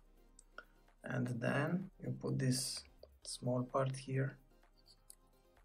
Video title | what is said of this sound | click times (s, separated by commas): The one with ICY BOX vs. AXAGON M.2 Enclosures with 1TB Crucial P2 M.2 NVMe SSD | this inside you can see you have to hear the click you know | 0.4 s, 0.6 s